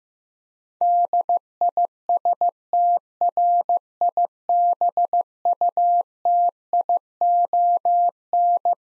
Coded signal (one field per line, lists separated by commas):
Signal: Morse code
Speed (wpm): 15 wpm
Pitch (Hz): 700 Hz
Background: none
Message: DISTRIBUTION